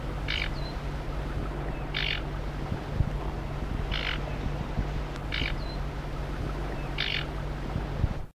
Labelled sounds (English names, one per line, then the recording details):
Sedge Warbler alarm call
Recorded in the wild
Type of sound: alarm call
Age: adult
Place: Meisendorf, Niedersachsen, DE
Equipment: Halbspur, 9,5 cm/s
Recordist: Lütgens, Hans
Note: Alte warnen